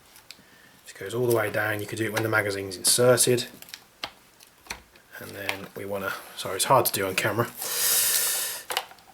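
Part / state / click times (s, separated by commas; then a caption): folding stock into rifle receiver latch / seated / 8.7 s, 8.8 s. The side-folding stock of a Tokyo Marui AKS 47 NGRS recoil airsoft AK rifle is folded and pushed up until it latches into place on the receiver. Someone talks, with sharp handling knocks around 4.0–4.7 s, then a hiss-like rush of noise and two clicks at 8.7 and 8.8 s. The stock is locked in the folded position.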